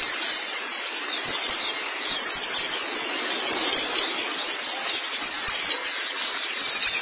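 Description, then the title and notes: White-eye song: short bursts of very high, quickly falling twittered notes, repeated several times, with faint hiss between phrases. White-eye song (kicauan). "Kicauan Burung Pleci Durasi Panjang. Suara kicauan burung pleci"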